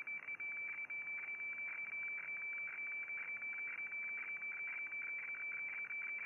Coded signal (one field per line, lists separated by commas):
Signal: weather fax (radiofax)